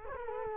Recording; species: mosquito wingbeat signal from an infrared sensor; Culex quinquefasciatus